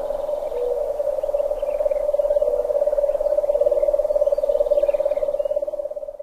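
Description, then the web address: Lesser nighthawk giving a long, low, steady trill, a rapid even purring sustained throughout. North America. "Songs of Birds of North America Stokes. Lesser Nighthawk"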